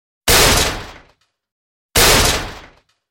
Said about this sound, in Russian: Железная дверь стойчески принимала на себя удары, в результате чего на ней можно было увидеть множество следов зверей и их когтей.